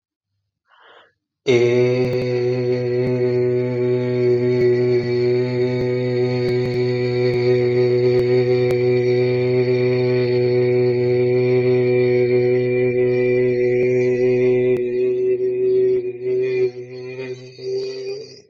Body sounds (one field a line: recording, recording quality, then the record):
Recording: sustained vowel as in made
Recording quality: excellent, no background noise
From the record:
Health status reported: recovered from COVID-19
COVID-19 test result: positive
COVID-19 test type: RT-PCR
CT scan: not taken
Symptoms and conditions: none ticked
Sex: male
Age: 27 years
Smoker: yes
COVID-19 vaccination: both doses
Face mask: not worn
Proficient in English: yes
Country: India